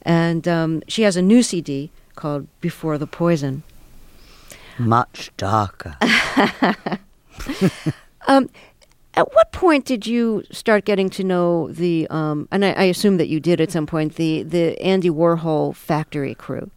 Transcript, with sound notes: And she has a new CD called "Before The Poison."
Much darker.
(LAUGHTER)
At what point did you start getting to know the - and I assume that you did at some point - the Andy Warhol Factory crew?